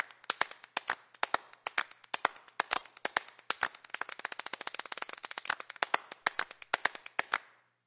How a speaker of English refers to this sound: That's a clap. The Roland thing, the ham thing.